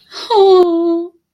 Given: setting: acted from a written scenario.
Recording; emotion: vocal sound without words; fear